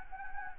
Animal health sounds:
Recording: mosquito wingbeat signal from an infrared sensor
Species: Anopheles gambiae

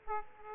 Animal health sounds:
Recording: mosquito wingbeat signal from an infrared sensor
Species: Aedes aegypti

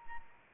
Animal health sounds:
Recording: mosquito wingbeat signal from an infrared sensor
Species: Anopheles arabiensis

